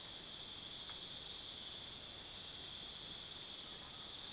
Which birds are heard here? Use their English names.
none